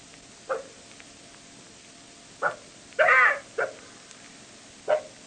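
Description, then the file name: Jackal yelps: short, sharp barking notes scattered over five seconds, one longer harsh wavering cry in the middle, over a steady low hiss. "zvuki shakala"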